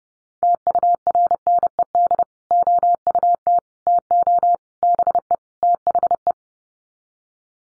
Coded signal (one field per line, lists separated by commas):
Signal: Morse code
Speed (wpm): 30 wpm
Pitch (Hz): 700 Hz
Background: none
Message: TURNED OUT TO BE THE